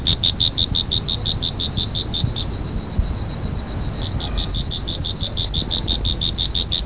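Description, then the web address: Cricket producing a rapid run of high chirps that fades for a moment and then returns clearly. "特酷声音素材库 动物 昆虫 蟋蟀"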